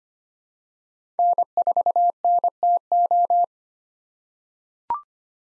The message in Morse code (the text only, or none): N4NTO